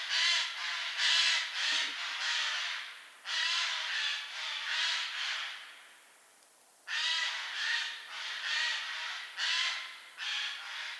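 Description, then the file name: Eurasian jay screeching repeatedly, harsh raspy calls in rapid clusters separated by a brief silent pause, one faint low sound near the start. "Garrulus glandarius"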